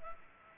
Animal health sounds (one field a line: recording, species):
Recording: mosquito wingbeat signal from an infrared sensor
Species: Culex pipiens